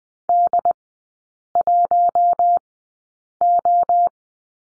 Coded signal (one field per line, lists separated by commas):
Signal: Morse code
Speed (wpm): 20 wpm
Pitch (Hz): 700 Hz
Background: none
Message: D1O